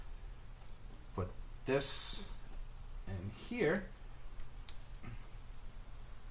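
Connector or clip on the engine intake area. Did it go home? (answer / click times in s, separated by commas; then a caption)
yes / 4.7 s. Someone talks while fitting a second connector or clip on the engine intake area in the engine bay of a Hellcat during an intake install. A single sharp click is heard at 4.7 s as the part locks into place.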